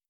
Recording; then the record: hydrophone in a shrimp aquaculture tank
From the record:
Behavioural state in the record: starved